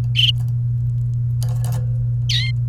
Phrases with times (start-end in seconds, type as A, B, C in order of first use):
2.29-2.51 A